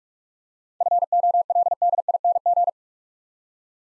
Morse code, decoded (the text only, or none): FOLDING